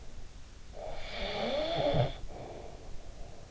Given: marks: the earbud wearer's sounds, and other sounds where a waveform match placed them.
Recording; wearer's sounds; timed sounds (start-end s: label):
sounds in sleep by an in-ear microphone; snoring breath
0.42-3.47 s: snoring breath